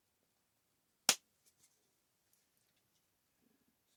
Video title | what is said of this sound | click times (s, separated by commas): This Powerful Device Hack Could Save Your Life!!! | Just line it up in there and just push until it snaps. | 1.1 s